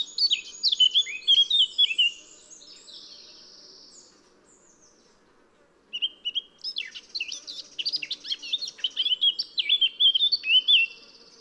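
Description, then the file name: Eurasian blackcap song: a quick jumbled warble, a quieter pause, then a longer burst of mixed chattering and clear whistles. "Sylvia atricapilla"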